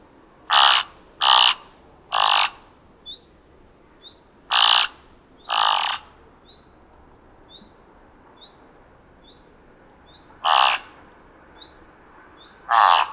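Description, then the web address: Thick-billed raven giving a series of loud, harsh caws, first in a quick run of three, then scattered calls, with quiet high chirps repeating in the background. "Thick billed raven. غراب-نوک-کلفت"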